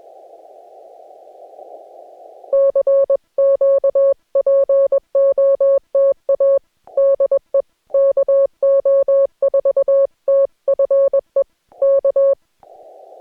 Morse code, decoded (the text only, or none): CQ POTA DE KO4TFE K